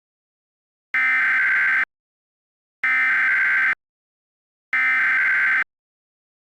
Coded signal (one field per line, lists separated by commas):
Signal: Emergency Alert System (SAME) tones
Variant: header bursts